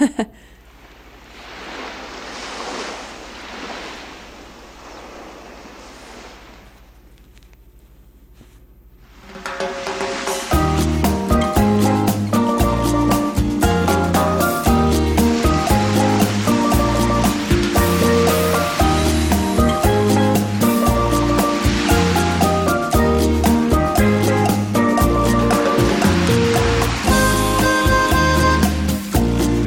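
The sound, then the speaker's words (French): Ocean waves roll in with soft, hissing surges for about ten seconds at the start of an intro recording, before loud, rhythmic music kicks in and carries on to the end, the surf faintly underneath. “Ça, il y a les vagues aussi derrière.”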